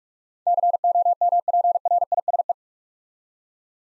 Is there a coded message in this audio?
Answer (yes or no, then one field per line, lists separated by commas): yes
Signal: Morse code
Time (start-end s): 0.5-2.5 s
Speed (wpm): 44 wpm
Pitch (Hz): 700 Hz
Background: none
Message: COMPRISE